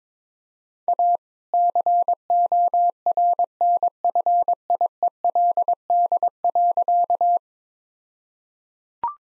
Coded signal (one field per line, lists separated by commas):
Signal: Morse code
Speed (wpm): 22 wpm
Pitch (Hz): 700 Hz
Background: none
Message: A CORNFIELD.